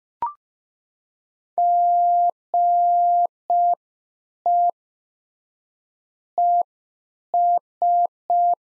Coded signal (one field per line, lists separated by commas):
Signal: Morse code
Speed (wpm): 5 wpm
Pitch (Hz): 700 Hz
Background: none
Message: GE ES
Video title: Practice QSO - Exchange 1- Beginning - 5wpm